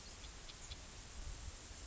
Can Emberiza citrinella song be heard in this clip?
no